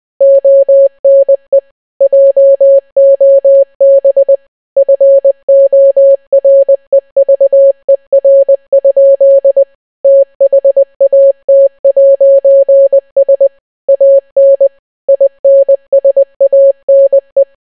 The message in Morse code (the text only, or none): ONE JOB FOREVER? THAT'S AN INSANE